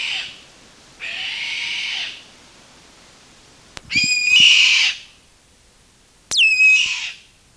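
Bird calling with four rough, hissing screeches, the first cut short, interrupted by a few sharp clicks.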